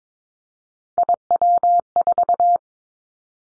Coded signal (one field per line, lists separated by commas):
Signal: Morse code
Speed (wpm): 22 wpm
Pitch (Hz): 700 Hz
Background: none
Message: IW4